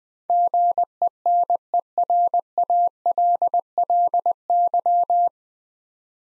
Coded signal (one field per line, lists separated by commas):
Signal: Morse code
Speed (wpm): 20 wpm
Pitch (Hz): 700 Hz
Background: none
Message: GENERALLY